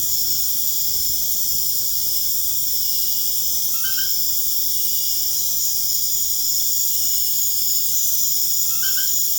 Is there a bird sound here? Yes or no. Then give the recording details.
no. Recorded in pastures near Puerto Asís, Putumayo, Colombia, on 25 June 2025 at 20:00. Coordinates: 0.496, -76.326. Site GP01